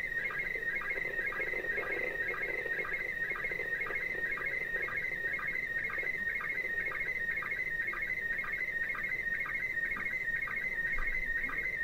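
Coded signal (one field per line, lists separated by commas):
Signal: SSTV (slow-scan television)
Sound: warbling tone around 2 kHz with rhythmic low chirps twice a second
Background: radio static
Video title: Women in space ISS SSTV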